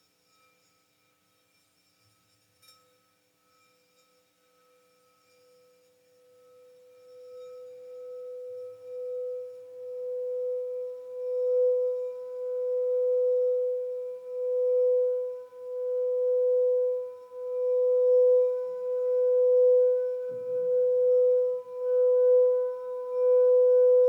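A crystal singing bowl swells slowly from near silence into a steady, pure ringing tone, with a fainter higher overtone joining around ten seconds. The loudness pulses gently in slow waves as it sustains. A soft tap near three seconds and a brief low rumble near twenty seconds pass underneath.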